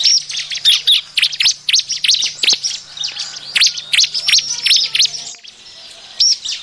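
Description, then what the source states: Bar-winged prinia calling in a busy run of sharp, high chirps and quick slurred notes, with a faint low hum beneath and a brief pause near the end. Busy, noisy calling used as a lure for catching birds.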